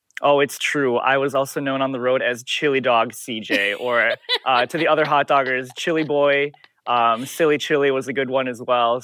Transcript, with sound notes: Oh, it's true. I was also known on the road as Chili Dog CJ or... (Laughter) ...To the other hotdoggers, Chili Boy. Silly Chili was a good one, as well.